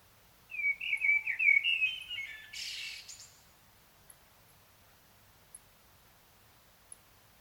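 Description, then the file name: Common blackbird song: a flowing fluty warble, then a harsh high chattering burst, followed by quiet with a few faint ticks. "Turdus merula"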